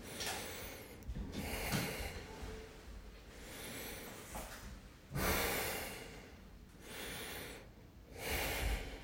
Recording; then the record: deep breathing after running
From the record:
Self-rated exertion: light exertion (2 of 6); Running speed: 7 miles an hour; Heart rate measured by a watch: 114 beats a minute at the start, 112 at the end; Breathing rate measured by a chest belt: 9 breaths a minute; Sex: male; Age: 25 years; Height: 174 cm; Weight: 71 kg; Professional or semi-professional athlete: no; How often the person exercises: 3 to 5 times a week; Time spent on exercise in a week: 2 to 3 hours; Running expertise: no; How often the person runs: 1 to 2 times a week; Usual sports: running, swimming, badminton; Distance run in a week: 8 km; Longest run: 10 km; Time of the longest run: 48 minutes